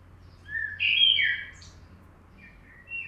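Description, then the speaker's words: Common blackbird song, a brief fluty phrase with a richer middle section, followed after a short pause by thin twittering notes. Heard in gardens in spring; only the male sings. "Tehát itt most a fekete rigó énekét halljuk."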